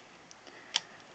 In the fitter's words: then you want to move everything up and make sure that slides in there you hear a click